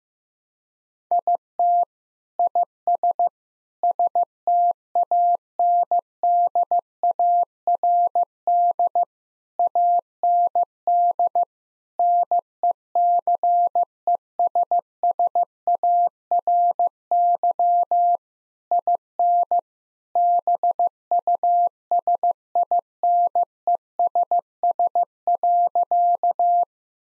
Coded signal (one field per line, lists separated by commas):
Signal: Morse code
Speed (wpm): 15 wpm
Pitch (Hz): 700 Hz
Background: none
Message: IT IS STANDARD AND NECESSARY IN BUSINESS.